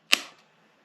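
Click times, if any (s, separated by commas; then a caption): 0.1 s. The folding front half of a G&G FAR 556 airsoft AEG rifle is pulled around until its folding stock latch locks against the receiver. A single sharp, bright snap is heard at 0.1 s, with a short ringing tail that fades within about a third of a second. The latch seats and the rifle is locked in place and solid.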